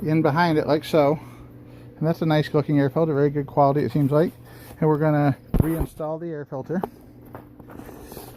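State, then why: Not seated. Someone talks while handling the plastic air filter cover at the air cleaner housing of a Honda lawn mower engine; the cover is meant to be hooked in by its bottom tangs and pushed forward until it snaps into place, and one tab is broken but the cover should still hold. Two brief faint ticks come near 7.4 and 7.6 seconds under the quiet background, but nothing has seated or clicked yet.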